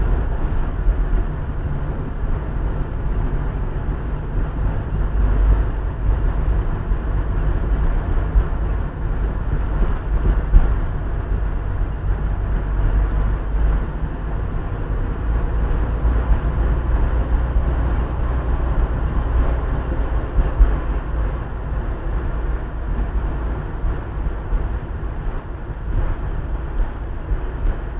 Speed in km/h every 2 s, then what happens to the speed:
26, 25, 28, 28, 30, 29, 27, 28, 31, 33, 32, 30, 27, 25.
0-13 steady at about 28. 13-19 speeds up to 33. 19-28 slows to 25.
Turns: none.